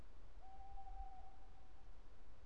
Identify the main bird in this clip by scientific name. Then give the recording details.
Strix aluco. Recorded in Germany. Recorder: ecoPi